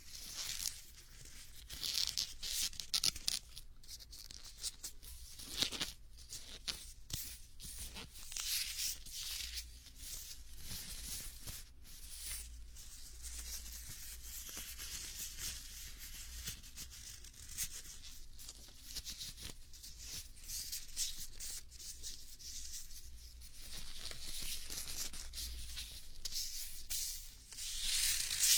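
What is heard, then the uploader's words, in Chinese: Ears are covered and cupped, giving a continuous rustling, crackling hiss with frequent sharp pops and scrapes scattered throughout. A low, muffled rumble sits steadily underneath, and the texture stays dense and busy for the whole half minute, with bursts of sharper crackling. 捂耳 耳朵拔罐 深海炸弹。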